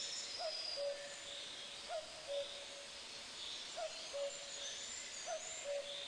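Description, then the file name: Common cuckoo repeating its falling two-note call four times, evenly spaced, against a soft background hiss. "kukulka"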